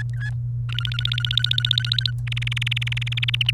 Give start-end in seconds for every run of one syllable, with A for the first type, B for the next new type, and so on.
0.14-0.30 A, 0.69-2.11 B, 2.27-3.50 C